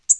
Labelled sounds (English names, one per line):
Tennessee Warbler flight call